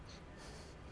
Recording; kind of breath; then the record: one breath in and out by a microphone near the nose and mouth; strong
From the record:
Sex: male